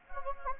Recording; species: mosquito wingbeat signal from an infrared sensor; Anopheles gambiae